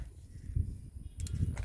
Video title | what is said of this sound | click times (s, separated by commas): How to Unmount a TV from a ZeboZap No-Drill Pillar Mount 📺 - Quick & Easy Guide - ZeboZap | Click sound. | 1.2 s, 1.3 s